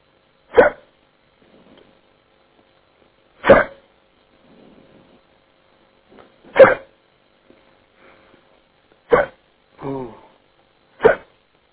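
Five abrupt, sharp hiccups from an adult male, heard over a phone, come about every two and a half seconds, with a brief voiced sound between two of them.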